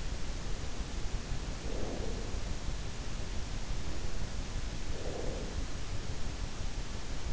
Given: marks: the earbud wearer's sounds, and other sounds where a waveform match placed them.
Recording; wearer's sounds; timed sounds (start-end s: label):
sounds in sleep by an in-ear microphone; breath
1.21-2.60 s: breath
4.35-5.70 s: breath